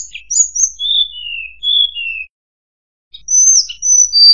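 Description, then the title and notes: Streaked spiderhunter giving sweet, high whistled phrases that slide downward, then a short silence and further bright, high chirps. Bird-training recording of lively, clear, long singing. "Pijantung Gunung Gacor Jernih Panjang. Masteran burung"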